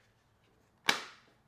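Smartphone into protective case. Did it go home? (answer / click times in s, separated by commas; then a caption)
yes / 0.9 s. A black titanium iPhone 15 Pro Max is pressed into a Nomad Modern Leather Case whose sides are a TPE and polycarbonate frame. After near silence, a single sharp, bright snap at 0.9 s fades out over about a third of a second. The phone is seated in the case with a clean click, which comes from that TPE and polycarbonate frame.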